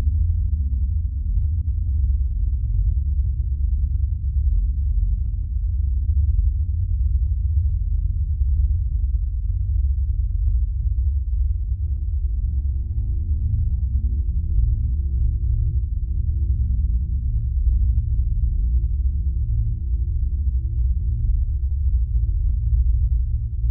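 A steady, deep 50 Hz gamma wave tone with a thick, rumbling low hum that holds constant level throughout. Nothing bright sits above it; only faint, thin higher tones drift in briefly around the middle before fading.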